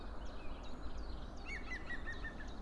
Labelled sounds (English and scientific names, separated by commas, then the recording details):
Common Chiffchaff (Phylloscopus collybita)
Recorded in Germany
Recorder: ecoPi